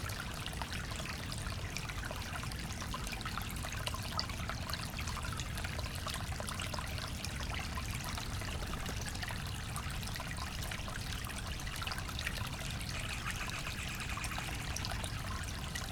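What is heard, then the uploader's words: Water runs steadily over rocks in a small brook, a dense, continuous babble with no pauses. Fine splashes and trickles sparkle through the bright upper range while a soft low rumble sits underneath. The flow sounds even throughout. Listen to the gentle murmur of water flowing over the rocks.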